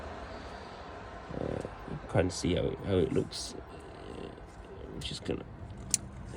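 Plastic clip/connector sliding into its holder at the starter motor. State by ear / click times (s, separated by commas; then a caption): seated / 5.9 s. A plastic clip or connector piece is slid into its holder at the starter motor during a starter motor replacement on a VW Caddy 1.9 TDI BLS. Someone talks, then a sharp, brief click is heard at 5.9 s as the clip seats in place.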